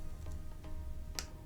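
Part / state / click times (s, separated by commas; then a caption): ribbon cable connector into charger port board socket / seated / 1.2 s. The press-fit connector of a charger port ribbon cable is pushed with light pressure onto its board socket inside the ear cup of a Bose QuietComfort QC45 headphone. Against a steady low background, one sharp, bright click sounds at 1.2 s as the connector seats in place.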